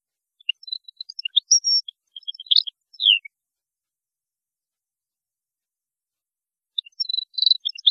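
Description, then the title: European goldfinch song: scattered high tinkling notes and short twitters with a long silent gap before a final brief burst. "Chant Chardonneret"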